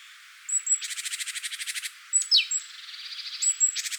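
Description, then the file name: Great tit scolding churr, a long run of about a dozen harsh pulses, then a brief descending note and more churring with thin high whistles. "Parus major"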